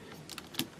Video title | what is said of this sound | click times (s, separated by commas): Godzilla Chogokin Tamashii Mix Mechagodzilla Orai Noriyoshi Poster Ver. | snaps right in like that | 0.6 s